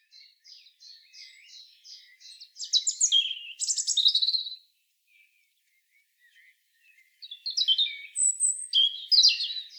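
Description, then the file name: European robin song beginning with soft repeated notes, then bursting into a loud, rich, twittering phrase; after a silence comes another phrase with a thin high whistle. "Erithacus rubecula"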